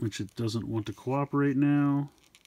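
Someone talks while handling a plastic figure part to fit it into its slot, and a couple of faint handling ticks follow near the end. Nothing has seated or clicked yet.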